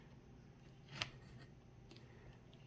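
A positive 4 mm bullet plug on a Tekno ET410.2 Truggy race kit is pushed into its connector barrel. It gives one sharp, bright click at 1.0 s, followed by a couple of faint ticks near 1.9 s over low background noise. The plug is seated.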